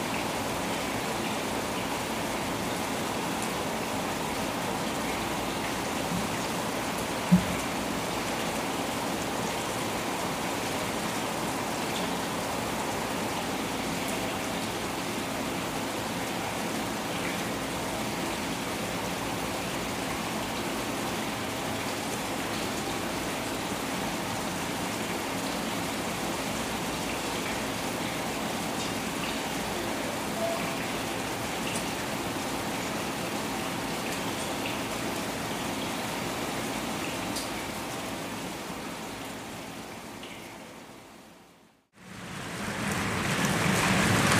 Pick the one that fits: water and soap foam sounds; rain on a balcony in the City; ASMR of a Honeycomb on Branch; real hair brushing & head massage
rain on a balcony in the City